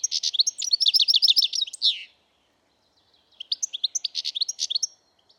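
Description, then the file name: European goldfinch twittering, two bursts of rapid, tinkling, high notes, the first about two seconds long, then a pause and a second shorter run; otherwise quiet. "Carduelis carduelis"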